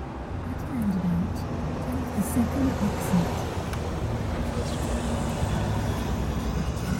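A rented car drives along a road from Vienna airport toward the Czech border on an autumn afternoon in pouring rain, with a steady, continuous low rumble of engine and tire noise that holds at an even loudness throughout, with faint murmuring tones early on.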